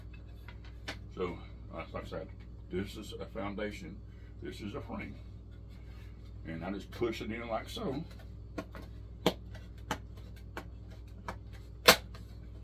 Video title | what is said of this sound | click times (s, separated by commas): Painting frames with beeswax | it pops in there. You probably heard it pop in there. | 11.9 s